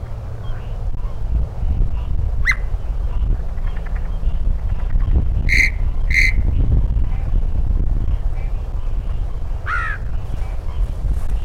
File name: Yellow-breasted Chat AMCR Imitation Worcester MD 20110514